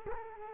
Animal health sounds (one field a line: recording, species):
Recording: mosquito wingbeat signal from an infrared sensor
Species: Culex quinquefasciatus